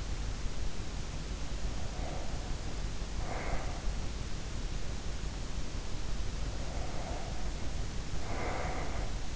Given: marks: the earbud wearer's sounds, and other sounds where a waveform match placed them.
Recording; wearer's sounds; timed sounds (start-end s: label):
sounds in sleep by an in-ear microphone; breath
1.28-4.25 s: breath
6.22-9.36 s: breath